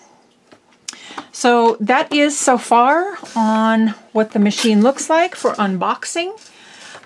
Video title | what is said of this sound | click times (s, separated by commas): My Big Surprise, Unboxing my Brother SE625 Embroidery Sewing Machine | you're just going to push it right on and it clicks and pops right into place | 0.9 s